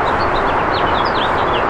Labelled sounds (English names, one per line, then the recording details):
House Finch song
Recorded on Long Island, New York, on 1 June 2012
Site AS
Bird B